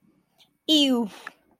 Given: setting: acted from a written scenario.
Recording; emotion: vocal sound without words; disgust